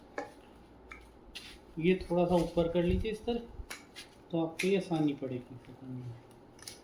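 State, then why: Not seated. On a Kidsmate Junior tricycle, the plastic spring push-button lock on the parent handle or frame tube is pressed in and raised slightly while being lined up with its mating hole, giving short plastic taps and handling knocks around 0.2, 0.9, 1.4 and 6.6–6.7 seconds. Someone talks through most of the clip. Nothing has seated or clicked into place yet.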